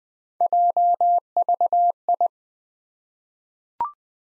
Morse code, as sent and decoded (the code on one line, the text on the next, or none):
.--- ...- ..
JVI